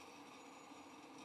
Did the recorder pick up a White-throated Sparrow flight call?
no